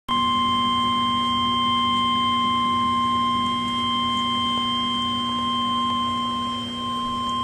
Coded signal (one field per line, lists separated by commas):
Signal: Emergency Alert System (SAME) tones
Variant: 1050 Hz attention tone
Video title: EAS #658: Tornado Warning (5/18/2013)